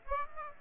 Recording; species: mosquito wingbeat signal from an infrared sensor; Aedes aegypti